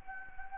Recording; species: mosquito wingbeat signal from an infrared sensor; Anopheles gambiae